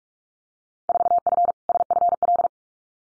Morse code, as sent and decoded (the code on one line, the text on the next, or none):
....- ..-. / ... ..-. .-..
4F SFL